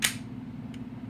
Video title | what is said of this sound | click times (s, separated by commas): Smith & Wesson M&P 40c Field Strip | Now, once you get it to the back, you're going to hear one click. | 0.0 s